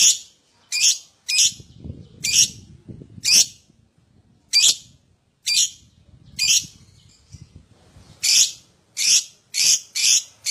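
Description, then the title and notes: Lovebird song made of loud, shrill chirps repeated at uneven intervals, speeding into a rapid series near the end. Adult lovebird, gacor (in full, steady song), owor owor style. "LOVEBIRD GACOR OWOR OWOR. Lovebird Dewasa"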